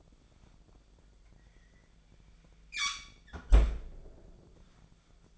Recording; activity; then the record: daily activity, microphone in the room; close fridge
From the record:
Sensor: 5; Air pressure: 1009.8 hPa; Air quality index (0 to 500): 160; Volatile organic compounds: 4 ppm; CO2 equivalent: 1562 ppm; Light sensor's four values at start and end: 123/314/131/140 and 121/310/129/137